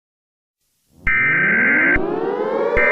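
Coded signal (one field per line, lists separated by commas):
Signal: Emergency Alert System (SAME) tones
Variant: header bursts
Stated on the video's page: Simulated EAS scenario depicting an attack on New Orleans.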